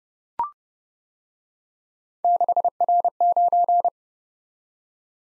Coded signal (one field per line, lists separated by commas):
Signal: Morse code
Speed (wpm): 29 wpm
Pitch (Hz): 700 Hz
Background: none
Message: 6R9